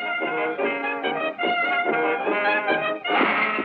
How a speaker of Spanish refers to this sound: Es más, ese ratón podía tocar lo que fuera. Clásico. Percusiones. Instrumentos de viento.